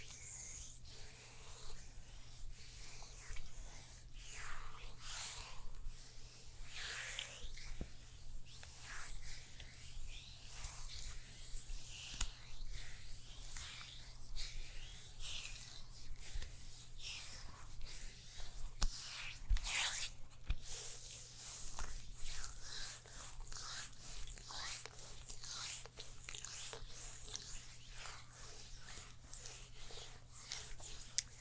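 A neck and shoulders massage with no talking: dense, continuous rubbing and brushing strokes of hands on skin and fabric, bright and hissy, coming in quick irregular bursts throughout. A low steady hum runs underneath the whole time.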